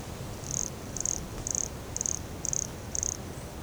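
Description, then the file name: Brachycephalus sulfuratus repeating short, very high, slightly buzzy notes at an even pace, six notes about half a second apart, over quiet hiss. Recorded at Morro do Canal in January 2017, 150 cm from the microphone. "Brachycephalus sulfuratus Morro do Canal 150 cm from microphone LFRibeiro JAN-2017"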